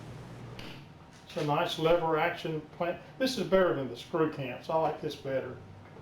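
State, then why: Not seated. A lever action work clamp on the fence of a DeWalt 779 Type 21 12-inch dual bevel sliding miter saw is handled. A faint sound comes at 0.6 s, then someone talks about the clamp. The clamp has not been thrown yet, so nothing has seated or clicked.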